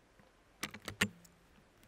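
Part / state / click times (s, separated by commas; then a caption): shotgun forestock onto the barrel and receiver / seated / 1.0 s. The forestock of a Zastava M59 break-action hunting shotgun is pressed back onto the barrels and receiver, with smaller clicks at 0.6 and 0.9 s. The forestock snaps into place with a sharp, loudest click at 1.0 s, and the shotgun is reassembled.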